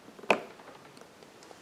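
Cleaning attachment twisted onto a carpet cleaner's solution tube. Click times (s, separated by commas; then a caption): 0.3 s. A plastic cleaning attachment on a Hoover Power Scrub Deluxe carpet cleaner is twisted on its solution tube and gives one sharp click at 0.3 s, followed by a few faint ticks. The attachment is locked in place.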